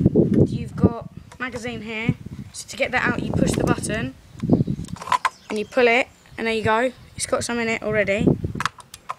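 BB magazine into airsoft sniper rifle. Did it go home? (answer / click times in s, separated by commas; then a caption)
no / none. Someone talks while handling a plastic BB magazine on an M50 Pro airsoft sniper rifle, pushing a button and pulling the magazine out of the magazine well, with sharp handling clicks around 4.4–5.3 s and 8.6–9.1 s. The magazine is about to be pushed back into the magazine well, but nothing has seated or clicked home yet.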